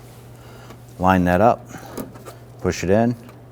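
Someone talks while lining up a power mirror wiring connector and pushing it into its plastic mating plug inside the door of a 1992-1996 Toyota Camry, over a steady low hum. The connector has not clicked or seated yet.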